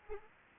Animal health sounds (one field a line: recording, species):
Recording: mosquito wingbeat signal from an infrared sensor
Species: Anopheles arabiensis